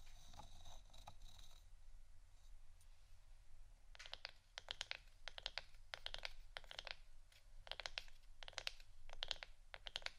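Tapping and scratching on wooden items, starting with light, sparse clicks for the first four seconds. After that, sharper bright taps and rough scrapes come in quick irregular bursts, several per second, until the end. A low steady rumble runs underneath throughout.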